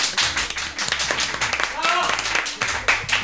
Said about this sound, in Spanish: Qué triste aplaudirnos a nosotros mismos.